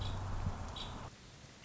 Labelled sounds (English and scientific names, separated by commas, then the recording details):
Nuttall's Woodpecker (Dryobates nuttallii)
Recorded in Sonoma County, California